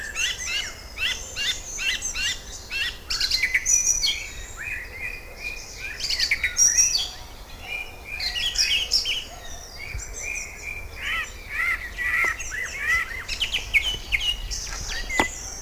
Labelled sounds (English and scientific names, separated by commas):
Song Thrush (Turdus philomelos) song